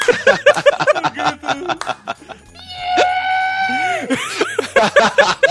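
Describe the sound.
Quick speech gives way to a voice imitating a ferret's death scream: a sustained, shrill, bleating cry lasting over a second that sags in pitch at the end before the talking resumes.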